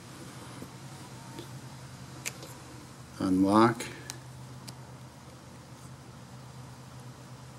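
Plastic tubing is pushed into a quick connect fitting on a water filter, going in only as far as the locking collar. There are clicks at 4.1 and 4.7 seconds, and someone talks briefly. It even feels locked, but the tubing is only half inserted and has not gone all the way in through the O-ring.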